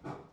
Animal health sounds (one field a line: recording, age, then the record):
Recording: pig call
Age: growing-finishing pig (85 days or more)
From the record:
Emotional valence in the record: positive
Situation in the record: run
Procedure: transit